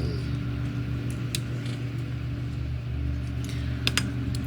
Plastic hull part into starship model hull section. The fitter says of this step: a nightmare at least for me it just won't click into place